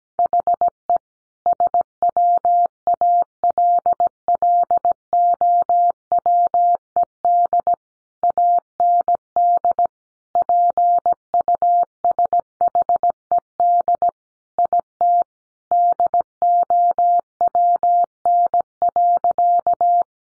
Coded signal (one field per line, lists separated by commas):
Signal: Morse code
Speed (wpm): 17 wpm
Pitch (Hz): 700 Hz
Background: none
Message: HE SWALLOWED AND PUSHED IT DOWN.